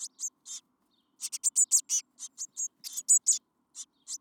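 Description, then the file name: Eurasian blue tit producing a lively run of high, thin call notes in quick succession, with a short pause after the opening three. "Cyanistes caeruleus"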